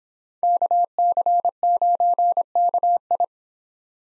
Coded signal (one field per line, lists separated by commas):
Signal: Morse code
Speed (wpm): 29 wpm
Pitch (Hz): 700 Hz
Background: none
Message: KC9KI